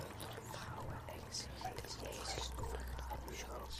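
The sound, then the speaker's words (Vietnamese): A man scoops water from a small stream beside a cave and pours it over a girl. The water pours and splashes in a steady, continuous rush, a broad hissing wash of liquid that keeps an even loudness throughout, with a low rumble underneath. “Ông ta múc nước từ đó lên rồi dội thẳng vào người cô gái.”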